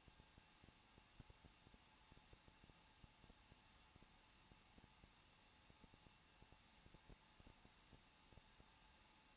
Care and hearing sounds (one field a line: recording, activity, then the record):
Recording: daily activity, microphone in the room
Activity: no activity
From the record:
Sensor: 1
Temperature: 20.1 degrees Celsius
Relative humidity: 39.1%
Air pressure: 1006.5 hPa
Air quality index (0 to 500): 216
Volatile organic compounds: 73 ppm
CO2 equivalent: 3545 ppm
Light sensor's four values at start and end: 1/2/1/1 and 1/2/1/1